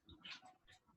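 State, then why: Not seated. A plastic marker pen is pushed into its cap again, making a short soft tap at 0.1 s and a brighter scraping contact around 0.3 s. The marker does not fit and nothing has seated or clicked yet.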